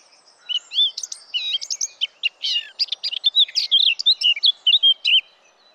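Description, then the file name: Eurasian blackcap song: a lively, varied warble of quick chirps and short whistled notes. "Sylvia atricapilla"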